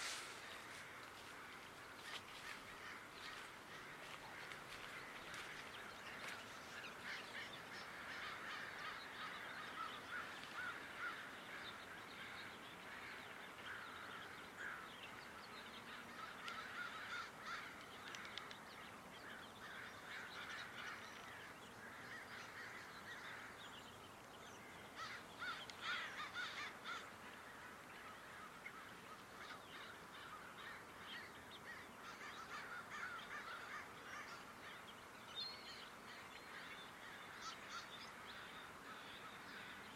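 Crows caw among a steady, dense chorus of bird calls along the footpaths of Dharma Rain Zen Center. Bright, rapid chirps and chatter overlap continuously for the whole stretch, with a few louder bursts, over a soft, constant low rumble.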